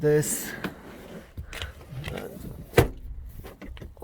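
In a B7 Volkswagen Passat, the other portion of the split rear seat back is pushed up into its latch while someone talks. It clicks into place at 2.8 seconds, and that seat portion is latched.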